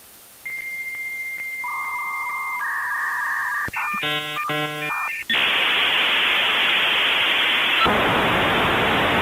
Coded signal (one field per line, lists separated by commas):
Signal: dial-up modem handshake